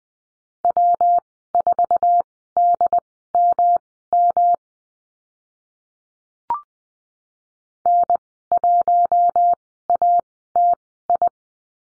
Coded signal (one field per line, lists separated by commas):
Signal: Morse code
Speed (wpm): 20 wpm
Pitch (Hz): 700 Hz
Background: none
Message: W4DMM N1ATI